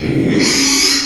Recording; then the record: squeal of a Yucatan mini pig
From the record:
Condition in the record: after surgery on the right vocal fold (resection and tissue-engineered implant); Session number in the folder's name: 2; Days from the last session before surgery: 13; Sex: male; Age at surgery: 12 weeks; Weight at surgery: 13 kg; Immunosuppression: cyclosporine, prednisolone